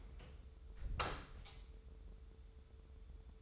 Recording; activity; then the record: daily activity, microphone in the room; close door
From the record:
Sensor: 3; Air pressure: 1015.2 hPa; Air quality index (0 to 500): 154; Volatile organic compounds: 9 ppm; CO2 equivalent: 2190 ppm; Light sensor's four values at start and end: 15/39/16/17 and 15/39/16/17